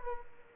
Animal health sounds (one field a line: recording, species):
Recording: mosquito wingbeat signal from an infrared sensor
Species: Aedes aegypti